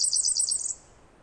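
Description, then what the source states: Pacific wren song ending, a fast high pulsed trill of repeated notes that stops after under a second, followed by quiet. Very loud bird singing in the morning after a dawn chorus, 11-13 May 2018, Snider Jackson/Rugged Ridge trail.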